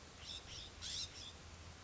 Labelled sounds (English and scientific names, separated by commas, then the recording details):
California Scrub-Jay (Aphelocoma californica)
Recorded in Sonoma County, California